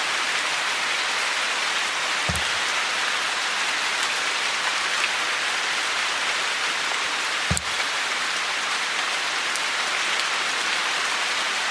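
Rain leaking in hisses steadily and densely throughout, with two low, heavier drip thuds landing around two and seven and a half seconds.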